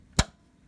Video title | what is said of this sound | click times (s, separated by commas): Brother PR Embroidery Machine Operator Maintenance. | and it clicks into place | 0.2 s